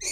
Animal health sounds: pig call; weaner (32 to 43 days)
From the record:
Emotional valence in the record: negative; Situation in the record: short isolation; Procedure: open field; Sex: female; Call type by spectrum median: high-frequency call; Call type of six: high-frequency stable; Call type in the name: high-frequency stable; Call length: 0.13 s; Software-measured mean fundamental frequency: 361 Hz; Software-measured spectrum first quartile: 3044 Hz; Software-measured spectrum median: 5593 Hz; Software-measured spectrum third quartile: 6948 Hz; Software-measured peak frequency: 6963 Hz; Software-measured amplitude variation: 73 dB a second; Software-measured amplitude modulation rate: 7.8 a second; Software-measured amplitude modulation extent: 9.3 dB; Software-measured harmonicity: 5.8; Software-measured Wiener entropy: -2.81

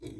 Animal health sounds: pig call; weaner (32 to 43 days)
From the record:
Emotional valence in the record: positive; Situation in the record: positive conditioning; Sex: female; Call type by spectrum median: low-frequency call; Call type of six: low-frequency stable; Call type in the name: low-frequency stable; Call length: 0.20 s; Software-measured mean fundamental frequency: 35 Hz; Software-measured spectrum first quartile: 252 Hz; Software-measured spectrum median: 396 Hz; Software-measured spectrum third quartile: 1890 Hz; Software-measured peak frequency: 323 Hz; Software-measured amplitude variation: 139 dB a second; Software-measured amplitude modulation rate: 15.0 a second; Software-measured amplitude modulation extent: 9.2 dB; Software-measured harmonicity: 3.3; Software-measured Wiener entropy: -3.90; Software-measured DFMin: 1045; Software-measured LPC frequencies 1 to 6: 353, 2274, 3454, 3913, 4772, 5816 Hz

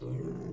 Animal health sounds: pig call; weaner (32 to 43 days)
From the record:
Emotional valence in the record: negative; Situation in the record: novel object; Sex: female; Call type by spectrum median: low-frequency call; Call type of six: low-frequency stable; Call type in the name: low-frequency stable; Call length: 0.54 s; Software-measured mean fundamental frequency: 63 Hz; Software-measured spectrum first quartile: 137 Hz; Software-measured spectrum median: 236 Hz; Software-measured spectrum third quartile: 415 Hz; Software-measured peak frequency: 151 Hz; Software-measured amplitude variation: 121 dB a second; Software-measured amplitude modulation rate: 26.9 a second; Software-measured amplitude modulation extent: 4.5 dB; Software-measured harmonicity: 0.1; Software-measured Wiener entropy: 0.00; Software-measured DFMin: 964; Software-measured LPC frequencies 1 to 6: 355, 2015, 3826, 4798, 5930, 6814 Hz

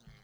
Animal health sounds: pig call; piglet (1 to 25 days)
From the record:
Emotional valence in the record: positive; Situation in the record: reunion after long isolation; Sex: female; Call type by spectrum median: low-frequency call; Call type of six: low-frequency tonal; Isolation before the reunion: 8 minutes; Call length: 0.23 s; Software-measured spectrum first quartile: 114 Hz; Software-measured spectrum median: 447 Hz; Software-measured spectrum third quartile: 2749 Hz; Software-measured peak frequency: 149 Hz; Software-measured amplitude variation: 140 dB a second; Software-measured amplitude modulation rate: 21.3 a second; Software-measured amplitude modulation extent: 6.6 dB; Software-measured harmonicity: 5.5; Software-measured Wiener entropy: -1.85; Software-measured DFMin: 1254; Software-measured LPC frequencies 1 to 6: 1419, 2078, 3221, 4101, 4749, 6133 Hz

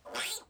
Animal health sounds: pig call; piglet (1 to 25 days)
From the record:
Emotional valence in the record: negative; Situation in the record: restrain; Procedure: back test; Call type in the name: high-frequency call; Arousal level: low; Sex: female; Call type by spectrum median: high-frequency call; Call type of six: high-frequency stable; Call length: 0.50 s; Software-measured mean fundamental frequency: 198 Hz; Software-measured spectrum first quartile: 2084 Hz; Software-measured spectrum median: 3828 Hz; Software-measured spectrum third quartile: 7014 Hz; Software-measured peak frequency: 4029 Hz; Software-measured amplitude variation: 167 dB a second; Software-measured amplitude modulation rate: 13.0 a second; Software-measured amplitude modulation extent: 12.9 dB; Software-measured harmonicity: 0.4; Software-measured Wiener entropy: -2.09

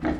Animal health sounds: pig call; growing-finishing pig (85 days or more)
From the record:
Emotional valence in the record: negative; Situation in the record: barren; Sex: female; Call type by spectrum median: low-frequency call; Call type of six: low-frequency stable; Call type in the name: low-frequency stable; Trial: 2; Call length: 0.20 s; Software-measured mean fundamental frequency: 39 Hz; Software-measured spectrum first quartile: 258 Hz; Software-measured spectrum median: 394 Hz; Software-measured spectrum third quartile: 915 Hz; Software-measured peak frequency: 314 Hz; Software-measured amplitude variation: 117 dB a second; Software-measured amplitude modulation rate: 20.2 a second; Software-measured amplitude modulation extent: 5.8 dB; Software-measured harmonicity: 1.8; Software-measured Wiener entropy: -0.96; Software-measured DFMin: 522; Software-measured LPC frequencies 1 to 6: 1690, 3193, 4015, 5876, 6438, 7317 Hz

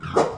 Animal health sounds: pig call; growing-finishing pig (85 days or more)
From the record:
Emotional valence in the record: positive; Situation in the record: run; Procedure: transit

